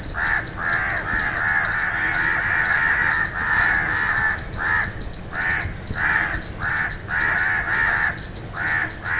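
Bird calls: hoarse, nasal caws, drawn out at first, then clipped and repeated about twice a second, with a high continuous pulsing tone behind.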